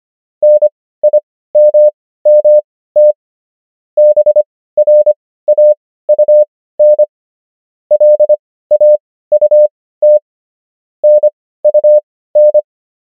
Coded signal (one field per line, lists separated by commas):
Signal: Morse code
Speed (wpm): 25 wpm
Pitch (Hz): 600 Hz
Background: none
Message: NIMMT BRAUN LAUT NUN